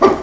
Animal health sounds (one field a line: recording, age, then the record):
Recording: pig call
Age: growing-finishing pig (85 days or more)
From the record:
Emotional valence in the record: positive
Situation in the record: run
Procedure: transit